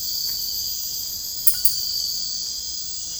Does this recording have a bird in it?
no